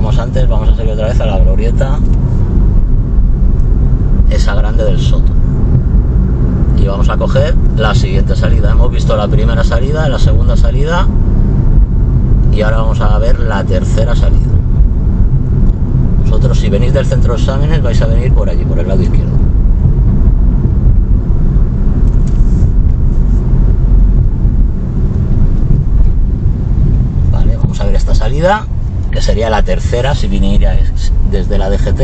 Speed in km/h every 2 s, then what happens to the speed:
32, 37, 42, 45, 45, 41, 39, 39, 38, 38, 38, 38, 35, 29, 15, 12.
0-6 speeds up to 45. 6-11 slows to 39. 11-22 steady at about 38. 22-29 brakes to 12.